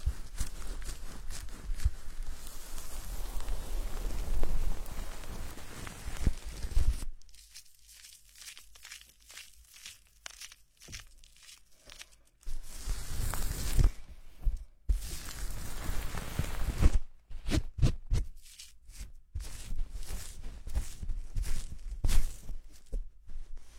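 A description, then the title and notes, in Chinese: Dense scratching and rubbing sounds of a head massage and hair washing, a soft crackle like fingers working through wet, lathered hair. The texture runs continuously for the first seven seconds, then breaks into shorter bursts with quiet gaps, returning steadily around 12–17 seconds and again near the end. 头部按摩 洗头(无人声)。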